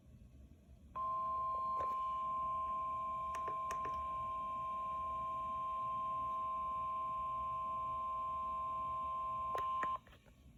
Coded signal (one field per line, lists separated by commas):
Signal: Emergency Alert System (SAME) tones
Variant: 1050 Hz attention tone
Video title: KEC76 RWT! (EAS #7)